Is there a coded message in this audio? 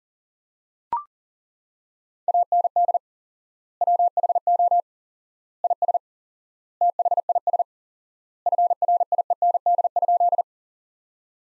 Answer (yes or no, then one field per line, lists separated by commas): yes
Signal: Morse code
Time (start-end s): 2.3-10.4 s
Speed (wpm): 37 wpm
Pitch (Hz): 700 Hz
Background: none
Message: AND WHO IS THIS FRIEND?